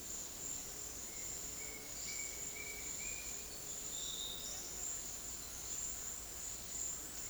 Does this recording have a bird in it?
yes